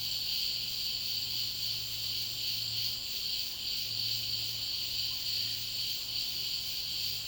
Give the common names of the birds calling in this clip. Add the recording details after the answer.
none. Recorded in dense forest near Puerto Asís, Putumayo, Colombia, on 20 February 2024 at 14:00. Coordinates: 0.502, -76.324. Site G6370